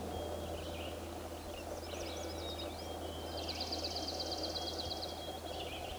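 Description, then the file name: Swamp sparrow delivering a high, rapid, evenly spaced trill lasting over a second, amid other chirps, a thin steady tone and constant low rumbling background noise. "Melospiza georgiana"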